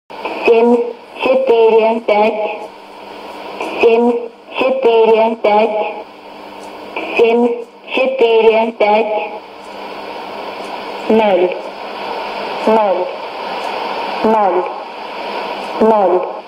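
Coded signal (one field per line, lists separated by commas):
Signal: numbers station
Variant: S06s Russian Lady, Russian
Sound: woman's voice reading short, evenly spaced Russian number groups over shortwave hiss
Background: radio static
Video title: 31 05 2017 Numbers station S06s Russian Lady in Russian to Eu 0732 on 12110 unknown tx site in CUSB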